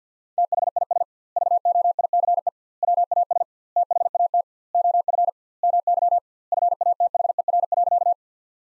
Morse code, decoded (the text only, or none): THIS VOICE WAS THAT OF MY FATHER.